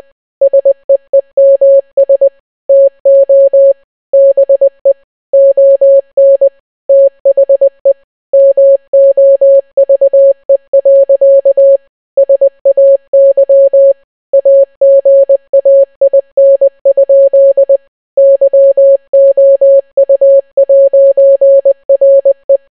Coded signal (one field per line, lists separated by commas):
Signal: Morse code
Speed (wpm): 20 wpm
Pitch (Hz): 550 Hz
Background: none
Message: SEEMS TO BE ON THE MOVE. SAY AGAIN? YOU'RE